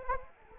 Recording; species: mosquito wingbeat signal from an infrared sensor; Anopheles arabiensis